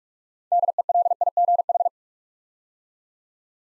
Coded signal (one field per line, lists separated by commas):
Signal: Morse code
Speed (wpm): 44 wpm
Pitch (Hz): 700 Hz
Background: none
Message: DELIGH